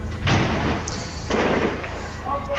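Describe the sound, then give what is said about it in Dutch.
A heavy bomb explosion from a bomb striking nearby during a bombing: a deep, loud blast followed by a second rumbling burst about a second later, with a rolling low roar trailing between and after them. “Terwijl ik tegen je praat, slaat hier een hele zware bom in.”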